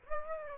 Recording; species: mosquito wingbeat signal from an infrared sensor; Aedes aegypti